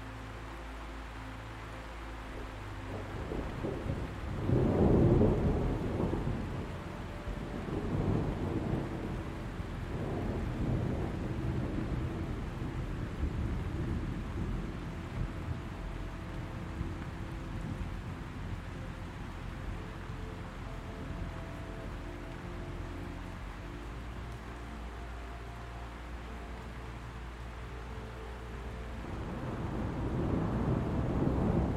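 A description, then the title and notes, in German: Thunder rolls over a steady hiss of rain, with deep rumbling swells around five and ten seconds and a rising one near the end. Between them, a soft, low, sustained musical drone holds beneath the rain, quiet and unchanging. Beruhigender DONNER, Sanfte MUSIK, Ruhige NACHT. Das Grollen des Donners.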